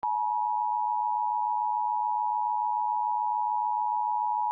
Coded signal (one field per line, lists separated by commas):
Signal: Emergency Alert System (SAME) tones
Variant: 853 and 960 Hz attention tone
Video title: EAS RMT In Washington DC (1-18-23 WETA-DT5)